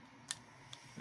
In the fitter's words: Evet yerine oturdu.